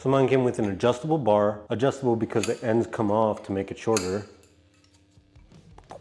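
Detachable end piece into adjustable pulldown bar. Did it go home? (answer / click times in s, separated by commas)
yes / 5.8 s, 5.9 s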